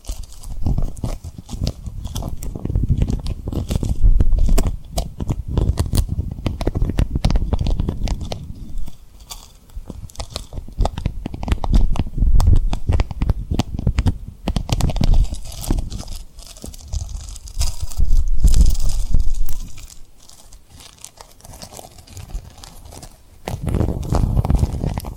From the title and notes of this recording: ASMR Tapping & Rubbing Rhinestone Lip Triggers for Sleep (No Talking).